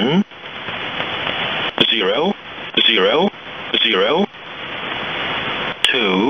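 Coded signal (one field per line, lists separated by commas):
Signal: numbers station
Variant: E07, English male voice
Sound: a male voice reads short evenly spaced words, likely digits, through steady radio hiss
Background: radio static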